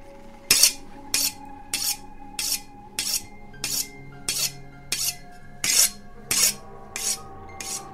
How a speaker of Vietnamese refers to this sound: Một tay cầm con mã tấu cứ mài vào cái cạnh giường bằng sắt, nghe cứ loảng xoảng. Tiếng mài dao ấy vang lên trong đêm, đến lạnh lùng, tởm lợm.